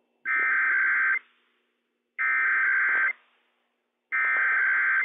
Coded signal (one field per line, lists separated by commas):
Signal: Emergency Alert System (SAME) tones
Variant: header bursts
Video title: WSEOC Required Weekly Test - WWF56 - EAS #109 - 11:06 AM PDT 6/1/21